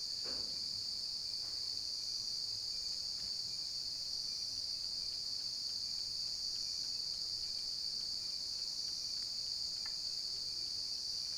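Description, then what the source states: Cricket trill rings steadily throughout, a brief soft knock near the start and faint clicks scattered across the background. Cricket ambience recorded at night.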